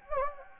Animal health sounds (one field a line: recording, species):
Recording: mosquito wingbeat signal from an infrared sensor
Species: Anopheles gambiae